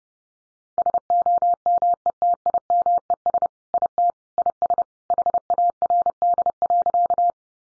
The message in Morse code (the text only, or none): SOMETIMES IT IS HARD.